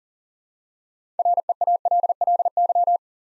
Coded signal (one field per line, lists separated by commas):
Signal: Morse code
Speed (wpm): 40 wpm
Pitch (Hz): 700 Hz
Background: none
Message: REALLY